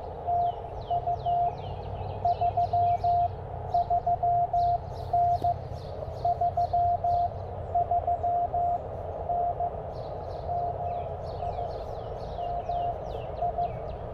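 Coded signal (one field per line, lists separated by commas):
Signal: Morse code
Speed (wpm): 15 wpm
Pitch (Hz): 700 Hz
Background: none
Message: TU 33N 33N MIMI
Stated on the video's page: Morse from a Parks on the Air activation.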